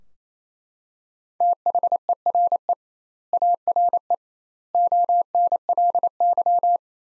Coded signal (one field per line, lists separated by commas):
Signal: Morse code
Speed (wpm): 28 wpm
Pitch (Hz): 700 Hz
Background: none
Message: THERE ARE ONLY